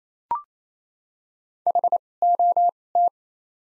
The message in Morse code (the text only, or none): HOT